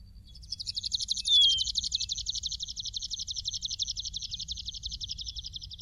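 Long-tailed widowbird: a high, fast, buzzy pulsed trill that starts after half a second and slowly drops in pitch, with one brief thin whistle early on.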